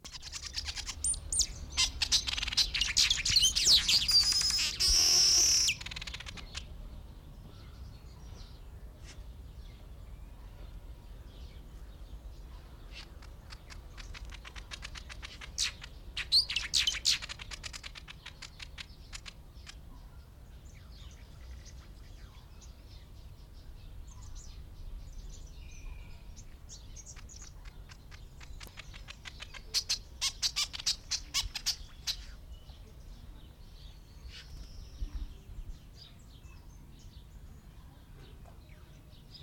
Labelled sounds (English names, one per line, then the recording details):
Black-headed Weaver
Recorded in captivity
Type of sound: song, call, call sequence, twittering
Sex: male
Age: adult
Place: Zoo Berlin, Berlin, DE
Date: 1993-04-02
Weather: sonnig, -1 bis + 5 °C
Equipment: Marantz CP 430, Sennheiser ME 80, Kopie Uher Variocord 263
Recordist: Tembrock, Günter
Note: Gesang (1 m)